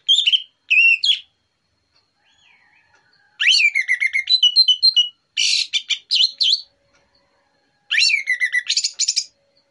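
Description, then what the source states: Orange-headed thrush singing in loud, varied phrases of rising whistles and dense chirps, with brief quiet gaps between bursts. Morning song used as a lure, relaxed and clear.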